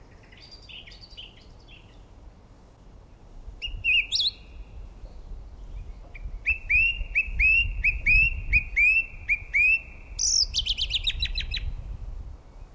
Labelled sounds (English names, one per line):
Song Thrush song